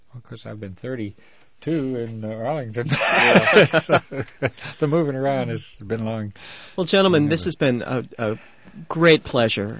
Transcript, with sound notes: Of course, I've been thirty-two in Arlington... (they laugh) The moving around has been long.
Well, gentlemen, this has been a great pleasure.